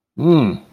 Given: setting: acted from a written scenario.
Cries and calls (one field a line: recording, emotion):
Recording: vocal sound without words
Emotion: anger